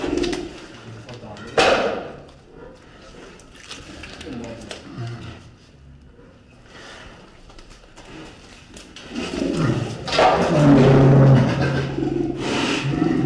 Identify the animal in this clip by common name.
Brown Bear